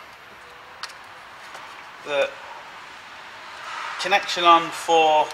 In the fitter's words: the brake sensor a little click so that's now that's now on